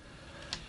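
On a folded Zoom Stryder electric scooter, the stem's folding hook latches into the catch on the rear fender. A short, sharp click at 0.5 s stands out above a quiet, steady background. The hook is seated in the fender.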